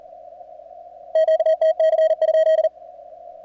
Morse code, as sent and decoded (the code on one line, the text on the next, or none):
--.- - -.-. ..--..
QTC?